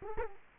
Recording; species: mosquito wingbeat signal from an infrared sensor; Culex quinquefasciatus